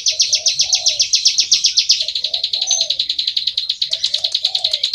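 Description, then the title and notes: Bar-winged prinia churning out very fast, high, slightly buzzy chips without a break, over faint low two-part cooing. Continuous calling in the style called ngebren, used as tutor audio (masteran) for training white-rumped shamas (murai batu). "Ciblek Ngebren Untuk Masteran Murai Batu. Suara burung ciblek - Suara Nada"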